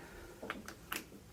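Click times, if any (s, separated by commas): none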